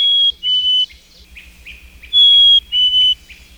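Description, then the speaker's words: Black-capped Chickadee whistled song: two clear two-note phrases, each a higher note falling to a lower one, with faint soft notes between. Heard in late winter in New Hampshire as an early sign of spring; chilly weather; local birds already focusing on breeding; described as the mating call. "That's the mating call of the black-capped chickadee."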